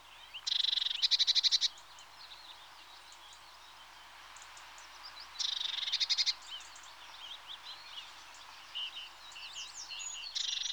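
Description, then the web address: Eurasian blue tit giving harsh, buzzy churring scolds in a few rapid bursts spaced seconds apart, with soft chirps between them. "The BBC Sound Effects Library. Blue TIT (Parus Caeruleus)"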